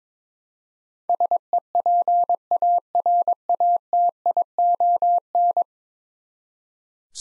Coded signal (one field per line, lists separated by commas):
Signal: Morse code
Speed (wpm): 21 wpm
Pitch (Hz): 700 Hz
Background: none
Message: SEPARATION